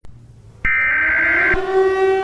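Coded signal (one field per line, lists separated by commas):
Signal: Emergency Alert System (SAME) tones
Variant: header bursts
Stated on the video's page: Fictional EAS scenario that uses valid EAS tones.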